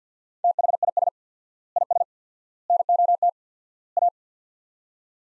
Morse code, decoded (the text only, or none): THIS IS NOT A